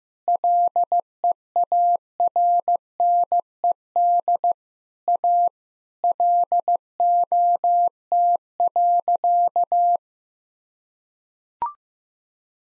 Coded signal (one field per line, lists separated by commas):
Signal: Morse code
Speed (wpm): 15 wpm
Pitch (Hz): 700 Hz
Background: none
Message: LEARNED A LOT.